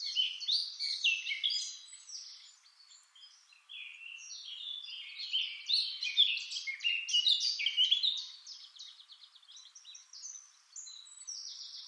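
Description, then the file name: Eurasian blackcap song: a sustained, tumbling warble of many quick notes, swelling and easing repeatedly throughout. "Sylvia atricapilla"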